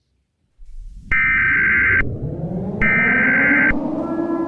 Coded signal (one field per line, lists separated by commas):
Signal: Emergency Alert System (SAME) tones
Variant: header bursts